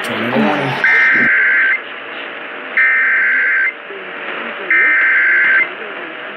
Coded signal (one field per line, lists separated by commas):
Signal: Emergency Alert System (SAME) tones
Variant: header bursts